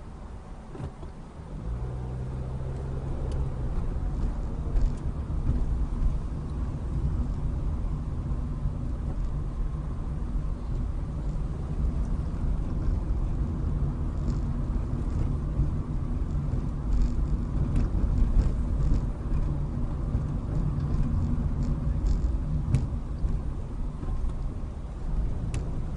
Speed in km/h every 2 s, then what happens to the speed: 6, 16, 18, 18, 18, 21, 24, 24, 24, 24, 19, 15, 18.
0-3 speeds up to 18. 3-9 steady at about 18. 9-12 speeds up to 24. 12-18 steady at about 24. 18-22 slows to 15.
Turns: none.